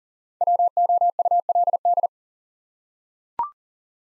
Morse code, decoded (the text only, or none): WOULD